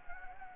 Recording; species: mosquito wingbeat signal from an infrared sensor; Anopheles gambiae